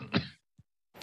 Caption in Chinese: 是一个气虚咳嗽的声音，低沉无力。 一般代表着病程 比较久，像老年病啊或者慢病啊，一个消耗性的疾病。